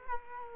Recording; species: mosquito wingbeat signal from an infrared sensor; Culex quinquefasciatus